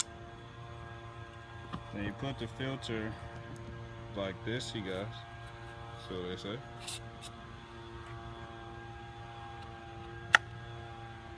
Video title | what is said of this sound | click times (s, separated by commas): My First Oil Change Atlanta | you hear the click in. Now you know you're in the game. | 10.4 s